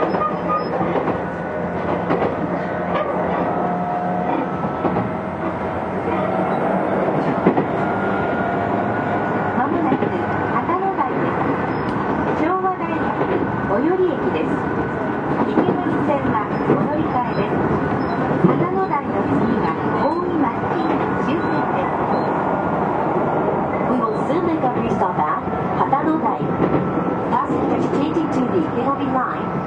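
A Tokyu 6000 series express train runs along with a steady low rumble and motor whine, while faint voices and occasional clicks come through.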